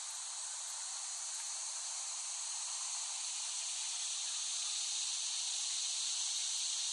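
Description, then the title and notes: Cicadas droning in a dense, steady, high-pitched buzz that holds unbroken throughout and swells slightly toward the end. Cicadas in West Brighton, Staten Island, late summer 2008, by Dan Bodah. "Dronecast No. 021: The Cicadas of Summer. Recording of cicadas made by Dan Bodah in West Brighton, Staten Island, late summer 2008"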